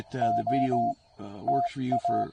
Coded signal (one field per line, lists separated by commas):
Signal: Morse code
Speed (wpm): 19 wpm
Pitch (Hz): 700 Hz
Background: speech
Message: OTA